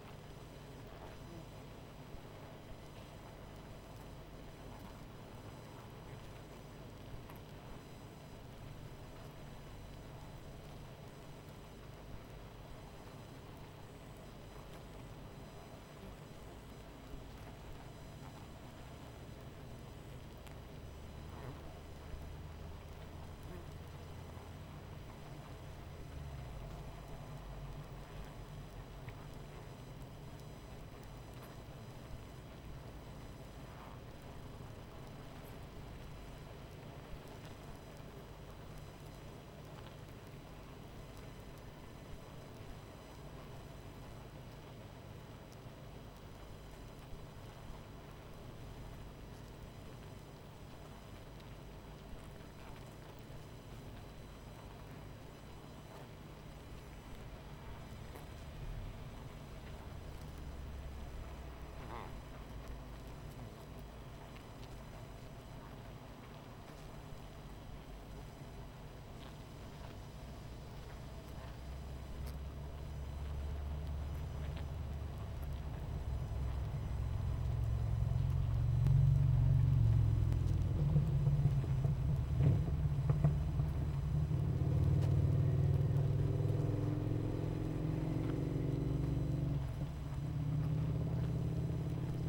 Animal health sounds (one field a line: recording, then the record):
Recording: honeybee colony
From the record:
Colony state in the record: missing queen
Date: 14 July 2017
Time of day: 21:37